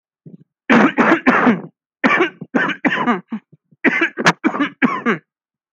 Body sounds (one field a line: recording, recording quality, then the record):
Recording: shallow voluntary cough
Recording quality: excellent, no background noise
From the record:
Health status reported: healthy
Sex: male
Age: 29 years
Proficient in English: yes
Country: India